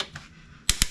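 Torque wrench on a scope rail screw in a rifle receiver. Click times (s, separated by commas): 0.7 s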